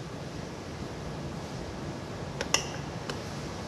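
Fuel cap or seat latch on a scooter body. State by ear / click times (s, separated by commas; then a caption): released / 2.5 s. On a 2020 Yamaha Aerox scooter, the ignition switch is turned to the open position to release the fuel cap or seat latch on the scooter body, over a steady background hum. A faint tick at 2.4 s leads into a sharp click at 2.5 s as the fuel cap or seat latch releases, followed by a lighter tick at 3.1 s.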